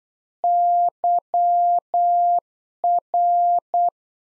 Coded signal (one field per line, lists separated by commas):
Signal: Morse code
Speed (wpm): 8 wpm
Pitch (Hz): 700 Hz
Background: none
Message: YR